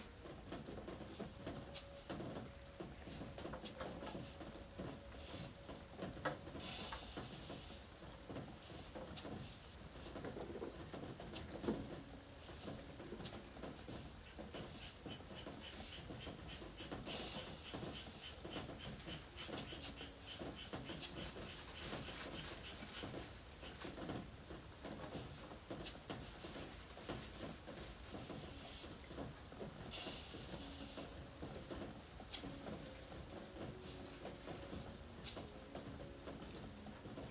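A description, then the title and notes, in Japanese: Vegetables are prepared for shipping under an entrance eave, with steady clicks and rustles, brief louder bursts around 7, 17 and 30 seconds, and occasional birds. 玄関の軒下で、収穫してきた野菜たちの出荷準備をしています。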